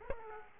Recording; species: mosquito wingbeat signal from an infrared sensor; Aedes aegypti